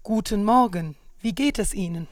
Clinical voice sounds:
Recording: spoken sentence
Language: German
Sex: female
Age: 30 to 39 years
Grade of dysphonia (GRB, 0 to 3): 2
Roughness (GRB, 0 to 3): 2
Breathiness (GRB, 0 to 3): 2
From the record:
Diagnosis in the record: hyperfunctional dysphonia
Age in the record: 38 years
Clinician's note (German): Ausgeprägte Gesangsstimme

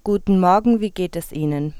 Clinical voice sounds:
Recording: spoken sentence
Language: German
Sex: female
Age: 20 to 29 years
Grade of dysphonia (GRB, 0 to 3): 0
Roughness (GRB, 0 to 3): 0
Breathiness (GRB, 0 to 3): 0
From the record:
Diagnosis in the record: healthy voice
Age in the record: 25 years

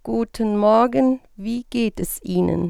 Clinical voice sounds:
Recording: spoken sentence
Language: German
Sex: female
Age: 60 to 69 years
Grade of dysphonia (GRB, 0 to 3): 2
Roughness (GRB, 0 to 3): 2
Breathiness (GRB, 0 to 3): 0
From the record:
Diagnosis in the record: phonasthenia (vocal fatigue), psychogenic dysphonia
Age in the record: 60 years

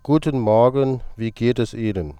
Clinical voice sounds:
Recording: spoken sentence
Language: German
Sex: male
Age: 40 to 49 years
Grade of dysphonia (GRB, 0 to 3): 0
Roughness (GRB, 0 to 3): 0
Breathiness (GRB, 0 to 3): 0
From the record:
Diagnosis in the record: healthy voice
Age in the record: 45 years

